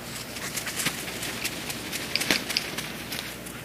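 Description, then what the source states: Magnificent Frigatebird beak tapping: a run of dry, irregular clicks and taps over soft hiss. Males in the mating season inflate a red throat pouch to attract females and tap their beak against it; recorded on Seymour Island, Galápagos.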